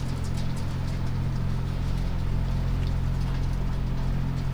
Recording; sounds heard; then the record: poultry house recording; no chicken sound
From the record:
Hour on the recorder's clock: 2